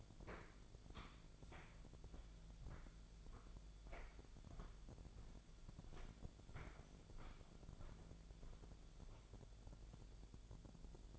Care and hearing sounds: daily activity, microphone in the room; walk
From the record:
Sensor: 5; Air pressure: 1008.5 hPa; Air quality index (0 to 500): 162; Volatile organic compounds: 4 ppm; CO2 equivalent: 1564 ppm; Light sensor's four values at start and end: 68/186/73/75 and 68/186/73/75

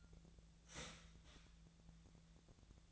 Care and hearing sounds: daily activity, microphone in the room; start toaster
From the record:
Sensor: 3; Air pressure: 1009.3 hPa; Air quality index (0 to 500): 198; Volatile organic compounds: 17 ppm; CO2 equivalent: 2565 ppm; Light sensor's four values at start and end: 32/81/34/36 and 32/81/34/36

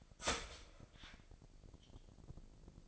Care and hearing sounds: daily activity, microphone in the room; start toaster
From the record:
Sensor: 5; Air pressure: 1007.1 hPa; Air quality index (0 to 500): 126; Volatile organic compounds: 1 ppm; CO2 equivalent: 961 ppm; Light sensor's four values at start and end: 27/62/25/26 and 27/62/26/26

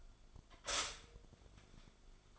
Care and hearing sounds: daily activity, microphone in the room; stop toaster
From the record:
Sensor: 5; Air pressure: 1014.8 hPa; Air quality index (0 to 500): 204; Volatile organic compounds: 9 ppm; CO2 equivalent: 2176 ppm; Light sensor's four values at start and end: 14/34/13/12 and 14/34/13/12

